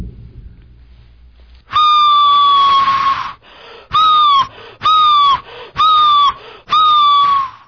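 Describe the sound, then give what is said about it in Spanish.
A hand-blown whistle imitates the call of the Yumbo bird: one long breathy whistled note, then four shorter ones, each a loud, airy tone that slides slightly downward in pitch, with brief pauses between. “Yo quisiera, para que también nuestros oyentes sepan, ¿cuál es este sonido del pajarito Yumbo? El silbido. El silbido. El soplido de mano.”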